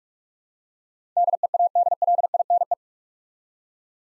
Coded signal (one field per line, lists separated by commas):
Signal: Morse code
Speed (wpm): 44 wpm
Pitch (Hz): 700 Hz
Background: none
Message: DEADLINE